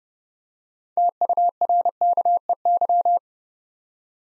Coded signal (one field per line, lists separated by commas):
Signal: Morse code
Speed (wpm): 28 wpm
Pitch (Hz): 700 Hz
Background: none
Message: TURKEY